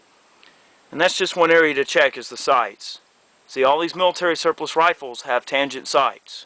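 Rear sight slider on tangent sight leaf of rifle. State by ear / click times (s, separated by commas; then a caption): seated / 0.4 s. The spring leaflets on the tangent rear sight of a fair-condition 9130 military surplus rifle are pressed and the slider is moved until it clicks into its notch with a short, sharp tick at 0.4 s. Someone then talks. The slider seats properly, and the sights adjust and work fine.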